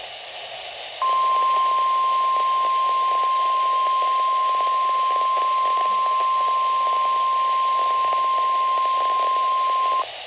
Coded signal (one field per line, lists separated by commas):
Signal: Emergency Alert System (SAME) tones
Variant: 1050 Hz attention tone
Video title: EAS 969-971: Weekly Tests from 8/12/2020